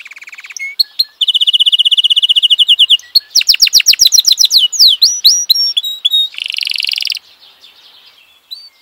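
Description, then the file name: Canary singing rapid rolling trills at a steady pace, switching to sweeping upward whistled notes, then a brief high buzzy trill before fading to a few soft notes. "kenari"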